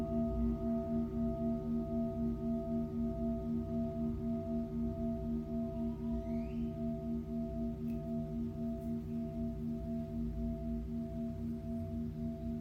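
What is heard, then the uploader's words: A Tibetan singing bowl sustains a rich, steady ring throughout, its low tones pulsing in a slow, regular wobble. Higher overtones hum evenly above. Around six seconds a faint rising chirp passes, and two brief soft clicks come near eight and nine seconds. Tibetan Singiing Bowl のサウンドヒーリングチャンネル LIVE.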